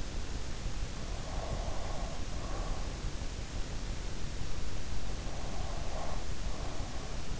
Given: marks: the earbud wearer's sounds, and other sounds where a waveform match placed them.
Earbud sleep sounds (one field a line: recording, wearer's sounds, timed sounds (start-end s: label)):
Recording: sounds in sleep by an in-ear microphone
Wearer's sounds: breath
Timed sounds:
1.05-2.95 s: breath
5.26-7.39 s: breath